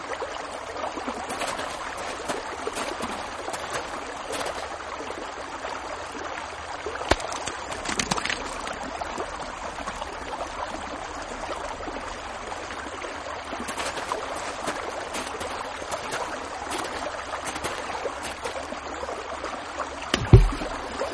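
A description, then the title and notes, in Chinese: Water moves steadily along a riverbank, a soft continuous rush with light splashes and trickles scattered throughout. Brief sharper splashes stand out near 7 and 8 seconds, and a louder low knock or splash comes just after 20 seconds. 河滩上玩水的慢时光。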